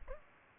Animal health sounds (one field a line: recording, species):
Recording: mosquito wingbeat signal from an infrared sensor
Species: Aedes albopictus